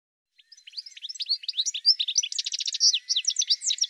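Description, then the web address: Bird song as a continuous fast stream of high chirps, sweeps and buzzy trills, growing denser after its opening notes. "cianscape birddata"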